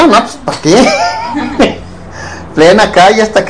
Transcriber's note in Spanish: risas